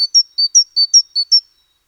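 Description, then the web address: Great tit's clear two-note song, four quick low-high pairs in about one and a half seconds, then silence. "SETE Parus major"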